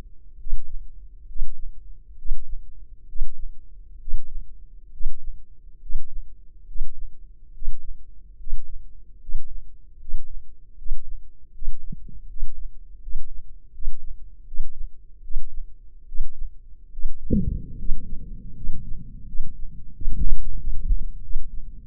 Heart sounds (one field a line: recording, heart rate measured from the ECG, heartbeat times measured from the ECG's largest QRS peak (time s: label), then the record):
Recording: heart sounds by microphone in the left ear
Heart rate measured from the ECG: 76 bpm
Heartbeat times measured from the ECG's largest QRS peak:
0.38 s: heartbeat
1.27 s: heartbeat
2.16 s: heartbeat
3.07 s: heartbeat
3.99 s: heartbeat
4.91 s: heartbeat
5.80 s: heartbeat
6.66 s: heartbeat
7.52 s: heartbeat
8.37 s: heartbeat
9.19 s: heartbeat
9.98 s: heartbeat
10.76 s: heartbeat
11.52 s: heartbeat
12.27 s: heartbeat
13.00 s: heartbeat
13.72 s: heartbeat
14.45 s: heartbeat
15.22 s: heartbeat
16.06 s: heartbeat
16.91 s: heartbeat
17.77 s: heartbeat
18.55 s: heartbeat
19.26 s: heartbeat
19.93 s: heartbeat
20.58 s: heartbeat
21.22 s: heartbeat
21.82 s: heartbeat
From the record:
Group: healthy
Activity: breath hold 0-18 s, rest 18-22 s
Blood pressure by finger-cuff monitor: 149/91 mmHg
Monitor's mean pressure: 107 mmHg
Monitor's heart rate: 76 bpm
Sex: male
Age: 23 years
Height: 179 cm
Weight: 87 kg